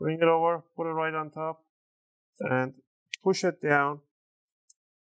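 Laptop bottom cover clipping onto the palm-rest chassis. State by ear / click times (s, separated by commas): seated / 4.7 s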